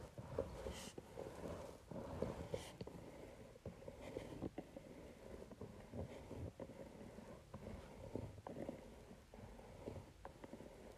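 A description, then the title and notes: A facial roller runs over paper with a steady, rough rolling rumble that stays fairly low and dense throughout. Small clicks and crinkly taps break through irregularly every second or so, with a few brief squeaky tones near the start. Facial Roller on Paper.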